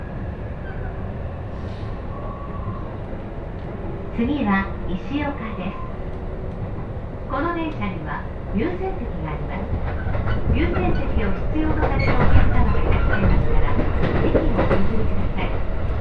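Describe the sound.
A ride on the Joban Line train, with a steady low rumble of the carriage running underneath throughout. Voices talk in bursts from about four seconds on, growing busier and slightly louder toward the end, while the rolling noise continues unbroken.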